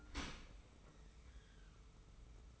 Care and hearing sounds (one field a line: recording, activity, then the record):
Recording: daily activity, microphone in the room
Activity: open dishwasher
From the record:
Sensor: 1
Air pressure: 991.4 hPa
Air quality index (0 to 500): 124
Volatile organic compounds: 262 ppm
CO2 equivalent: 4393 ppm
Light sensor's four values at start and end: 42/129/51/53 and 42/129/51/53